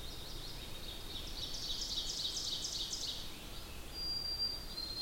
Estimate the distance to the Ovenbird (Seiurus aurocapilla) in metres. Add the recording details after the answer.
about 70 m. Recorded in boreal forest in Alberta, Canada, on 8 June 2016 at 08:15. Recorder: SongMeter 3, array SBT-3-9. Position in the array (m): 52 m, 105 m. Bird 33